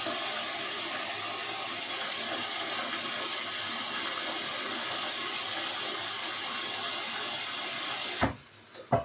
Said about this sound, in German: Ich weiß nicht, ob man mich jetzt gerade hört, deswegen lasse ich das Wasser mal kurz laufen.